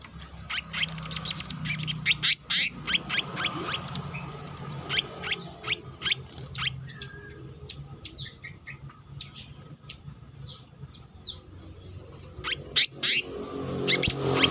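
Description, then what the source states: Selendang biru song: bursts of sharp high chirps at the start and end, with scattered softer notes between, over a steady low hum. Continuous rolling song style (gacor ngeroll) with fill-in phrases (isian).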